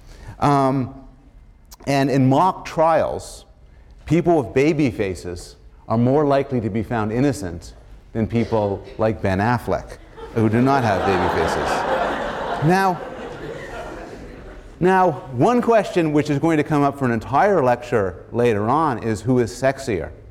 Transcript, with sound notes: And in mock trials, people with baby faces are more likely to be found innocent than people like Ben Affleck, [laughter] who do not have baby faces. [laughter] Now, one question which is going to come up for an entire lecture later on is “who is sexier,